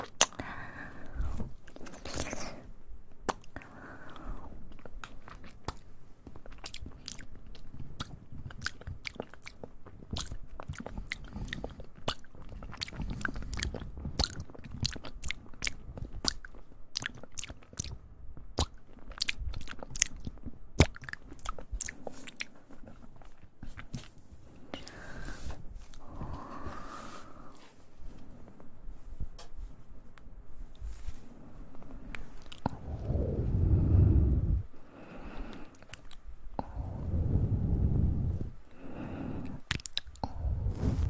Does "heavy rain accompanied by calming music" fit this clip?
no